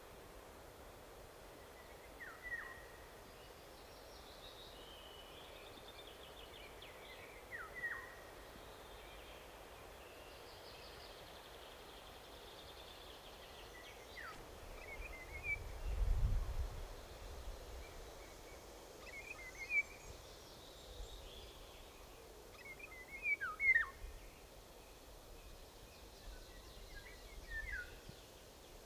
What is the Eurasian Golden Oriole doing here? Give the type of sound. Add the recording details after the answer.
song. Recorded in the wild. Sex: male. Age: adult. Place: Lemgow, OT Puttball, Wendland, Niedersachsen, DE. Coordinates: 52.9244, 11.2839. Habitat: pine forest. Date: 1969-05-25. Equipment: Uher 4000 Report-S, Bändchenmikro Beyer M 260, Parabolspiegel Polyester (470 mm). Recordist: Conrads, Klaus. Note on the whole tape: Im Kiefernwald bei Puttball. Gesang